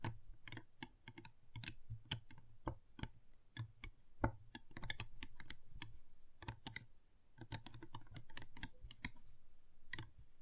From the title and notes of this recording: ASMR Intense Magnetic Tingles (No Talking).